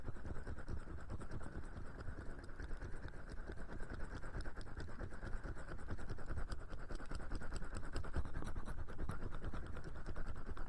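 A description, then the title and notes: Oily hands rub and squish continuously in a steady stream of wet slippery sound, thick and full in the low end. Quick crackling ticks and smacks pepper the whole stretch at a fast, uneven rate, with no pauses or voice. TimASMR- Tingly Oil Massage.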